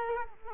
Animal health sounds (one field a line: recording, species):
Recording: mosquito wingbeat signal from an infrared sensor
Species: Culex quinquefasciatus